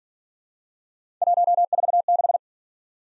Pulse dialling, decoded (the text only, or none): none